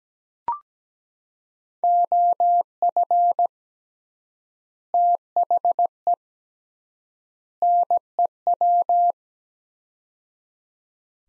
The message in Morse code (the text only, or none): OF THE NEW